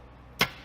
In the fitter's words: On a des systèmes comme ça, entièrement clipsables. Hop, comme ça.